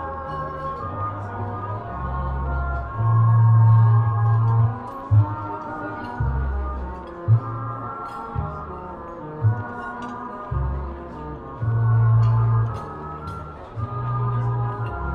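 Old-time music plays with a steady melody and a strong low bass line in pulses, while faint talking and small clinks sound in the background.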